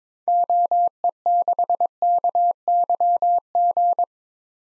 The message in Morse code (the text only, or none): OE6KYG